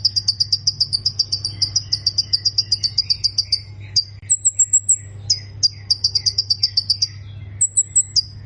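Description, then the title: Plain prinia song: quick repeated buzzy high notes in long series, interrupted by short thin trills, with a low hum in the background. "Ciblek Sawah"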